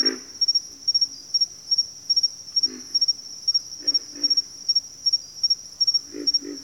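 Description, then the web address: Pig frog grunts come singly and in pairs, low and hoarse, while a constant shrill pulsed insect chorus carries on. Bayou habitat; more than one frog. "Echoes of Nature - Bayou 02 Pig Frogs"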